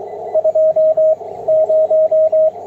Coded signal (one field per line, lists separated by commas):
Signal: Morse code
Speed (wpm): 21 wpm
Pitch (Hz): 630 Hz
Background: radio noise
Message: 20